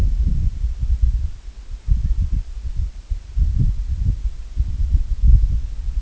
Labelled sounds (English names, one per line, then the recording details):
Long-tailed Duck
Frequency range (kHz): Long-tailed Duck 0.6-2.5 kHz
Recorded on Arctic tundra, site IGLO-A, on 25 June 2018
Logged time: 01:59